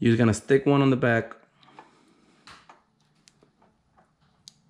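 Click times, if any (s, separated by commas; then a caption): 4.5 s. Someone talks, then the first connector of a plug-in wiring harness is pushed onto the back of a mating plastic connector during an N2MB BoostBox boost controller install, with faint plastic handling ticks. It latches with a sharp click at 4.5 s, seating the harness connector.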